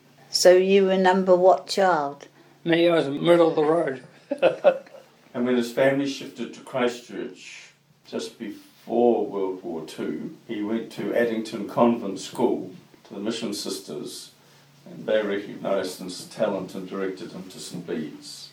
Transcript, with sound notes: So you were number what child? Me? I was middle of the road. [Chuckle] And when his family shifted to Christchurch just before World War II he went to Addington Convent School to the Mission Sisters, and they recognised his talent and directed him to St Bede’s.